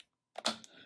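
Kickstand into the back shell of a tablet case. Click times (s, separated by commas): 0.5 s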